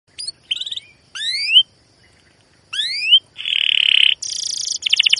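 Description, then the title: Canary song in short bursts: rising whistled sweeps with gaps between them, then a steady buzzy trill and fast rattling notes. Used as a lure recording to train young canaries to sing; long, lively chirping song style. "CUIT CUIT NGEROL LANGSUNG GACOR PANJANG Kenari Ini AMPUH Utk Pancingan KENAR. PANCINGAN Kenari GACOR PANJANG Cuit CUIT EMOSI ini AMPUH utk MASTERAN Kenari PAUD belajar BUNYI"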